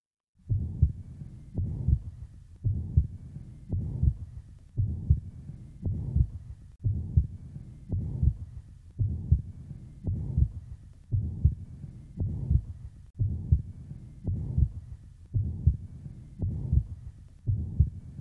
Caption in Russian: В четвертой точке аускультации появление систолического шума свидетельствует о наличии недостаточности трикуспидального клапана. Как правило, она носит функциональный характер и развивается вследствие дилатации правого желудочка и растяжения кольца трикуспидального клапана. Первый тон, как правило, ослаблен. Систолический шум трикуспидальной недостаточности.